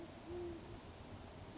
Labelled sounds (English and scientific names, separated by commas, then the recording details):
Band-tailed Pigeon (Patagioenas fasciata)
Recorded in Sonoma County, California